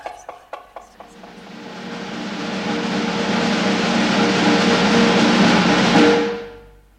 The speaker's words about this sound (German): Da war das Klopfzeichen. War nicht zu überhören, das Klopfen, nicht wahr? Und hier ist es nochmals. Und so oft ich will, einen Wirbel klopfe ich auf.